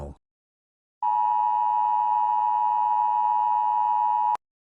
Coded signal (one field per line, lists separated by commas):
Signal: Emergency Alert System (SAME) tones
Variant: 853 and 960 Hz attention tone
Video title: [EAS Scenario] If the Locust Horde was REAL (Part 5)